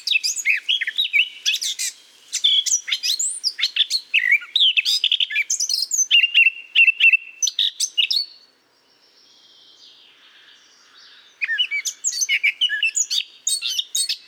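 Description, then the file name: Eurasian blackcap delivering a rapid, varied chatter of high twittering notes for about eight seconds, then a quiet gap before the warbling resumes. "Sylvia atricapilla"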